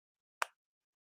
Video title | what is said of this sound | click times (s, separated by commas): Butcher BBQ Product Review on Private Seasoning | okay I know you can hear that but now this is it snapping closed | 0.4 s